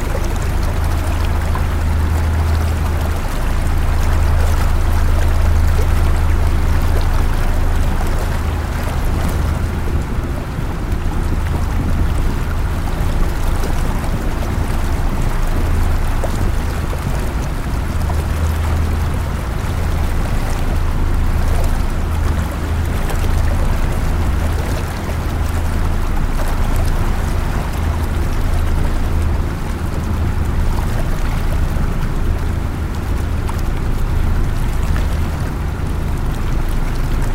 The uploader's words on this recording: Thai Riverboat Ride. You can hear the sounds of the water gently splashing against the boat as you drift past lush green forests and fields. This episode features only natural sounds with no dialogue or voice.